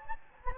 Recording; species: mosquito wingbeat signal from an infrared sensor; Anopheles gambiae